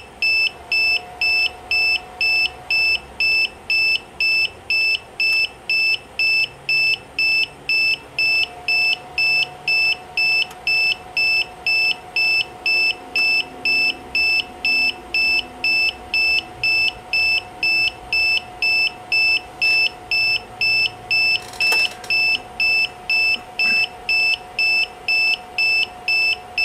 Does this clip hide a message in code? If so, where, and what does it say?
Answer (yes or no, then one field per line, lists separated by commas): no